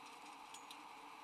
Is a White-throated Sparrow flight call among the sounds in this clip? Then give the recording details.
no. No flight call is heard. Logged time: 07:38 on 18 December 2014